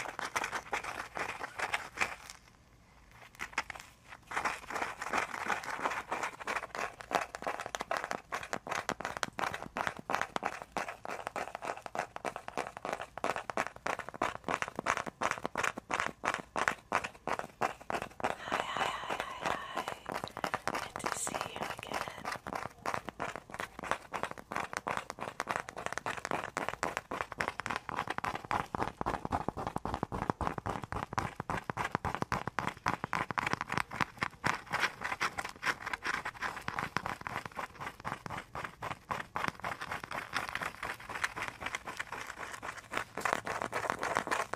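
Icy, frozen triggers make a dense, rapid crackle of clicks and taps that runs almost without pause for the whole clip. A brief hush breaks it near the start. Around 18 to 22 seconds, a faint, thin ringing tone rises above the crackling.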